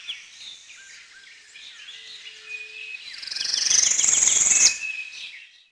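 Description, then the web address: Tropical Parula song: a single loud, high buzzy trill that swells near the end, after softer chirping notes. "Peterson North American Birds"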